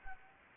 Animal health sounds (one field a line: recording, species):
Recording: mosquito wingbeat signal from an infrared sensor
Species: Anopheles gambiae